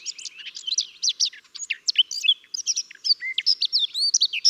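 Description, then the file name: Eurasian blackcap in continuous song, a dense, hurried warble of sweet whistled and chattering notes throughout. "Sylvia atricapilla"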